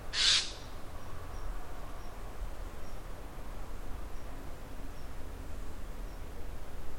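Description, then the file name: Eurasian jay uttering a single loud, grating screech at the very beginning, followed by near silence with faint background hiss. "kakesu"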